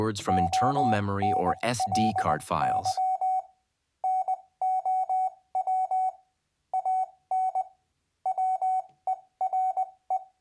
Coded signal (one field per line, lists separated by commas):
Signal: Morse code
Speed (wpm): 20 wpm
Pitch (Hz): 750 Hz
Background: speech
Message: ONLY NOW AN WERE